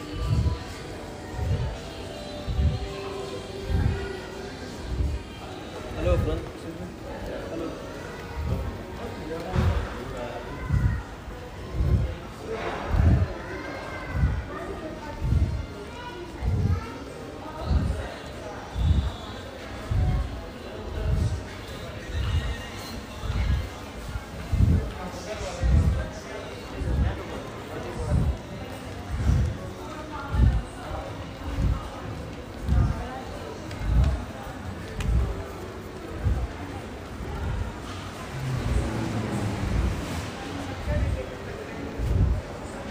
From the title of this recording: Al Nadha to Al Ghurair center walking,Bus ride,Metro ride experience